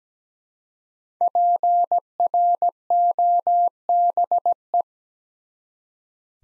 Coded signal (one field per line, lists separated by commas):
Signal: Morse code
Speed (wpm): 17 wpm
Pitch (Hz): 700 Hz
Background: none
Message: PROBE